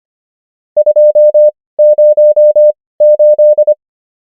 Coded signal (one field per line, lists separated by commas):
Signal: Morse code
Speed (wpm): 25 wpm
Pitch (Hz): 600 Hz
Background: none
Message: 208